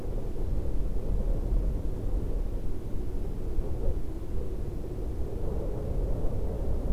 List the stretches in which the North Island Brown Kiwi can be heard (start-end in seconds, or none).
none